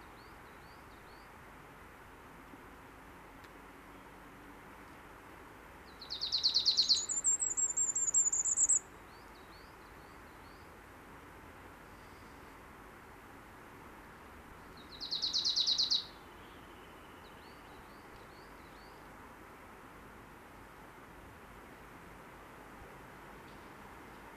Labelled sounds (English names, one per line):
Willow Tit song